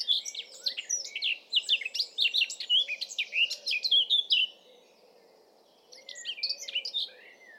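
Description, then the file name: Eurasian blackcap delivering a lively scratchy warble of quick varied notes, then a short pause and a softer phrase with clear whistled notes. "Sylvia atricapilla"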